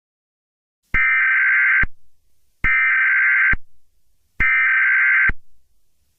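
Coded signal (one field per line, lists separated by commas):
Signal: Emergency Alert System (SAME) tones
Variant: header bursts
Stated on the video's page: EAS scenario, a fictional bomb alert, not a real alert.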